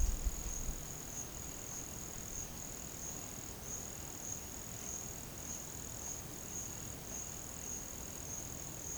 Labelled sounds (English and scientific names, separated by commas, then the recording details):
none
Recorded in pastures near Puerto Asís, Putumayo, Colombia, on 30 June 2025 at 11:30
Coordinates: 0.472, -76.331
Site G095